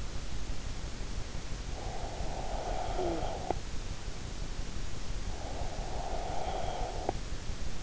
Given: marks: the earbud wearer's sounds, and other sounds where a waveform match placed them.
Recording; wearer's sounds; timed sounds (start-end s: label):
sounds in sleep by an in-ear microphone; snoring breath, breath
1.81-3.59 s: snoring breath
5.24-7.51 s: breath